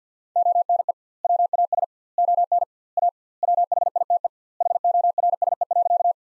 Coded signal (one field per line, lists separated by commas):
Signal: Morse code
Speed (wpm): 50 wpm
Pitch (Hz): 700 Hz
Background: none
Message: ONE WAS ON A WHITE HORSE.